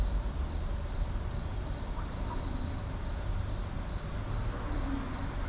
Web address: boom library Urban and Suburban Urban park night insects